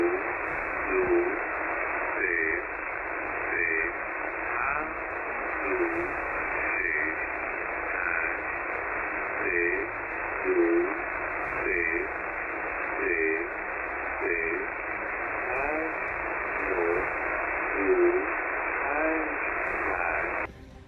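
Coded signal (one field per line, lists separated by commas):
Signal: numbers station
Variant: Farsi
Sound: short spoken words at steady intervals through heavy shortwave hiss and crackle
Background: radio static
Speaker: What you just heard is something I haven't heard in a very long time, probably since the Cold War.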